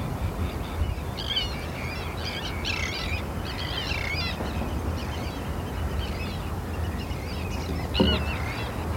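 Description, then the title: Terns calling in clusters of harsh, rasping notes, some rising and falling, with steady rain noise and a soft thump near the end. Terns calling at RSPB Hodbarrow nature reserve, Cumbria, in autumn rain, recorded from inside a wooden bird hide by Martin Maudsley. "Sound Escape 32: listening to cries of terns from a bird hide at Hodbarrow, Cumbria"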